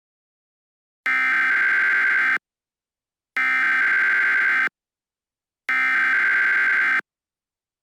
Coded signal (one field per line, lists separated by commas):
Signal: Emergency Alert System (SAME) tones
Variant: header bursts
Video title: EAS Scenario - Vampire Hunters (Part 2)